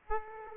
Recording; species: mosquito wingbeat signal from an infrared sensor; Aedes aegypti